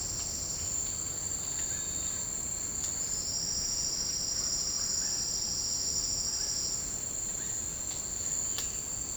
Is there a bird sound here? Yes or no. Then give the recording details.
yes. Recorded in dense forest near Puerto Asís, Putumayo, Colombia, on 24 March 2025 at 08:00. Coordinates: 0.485, -76.318. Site G056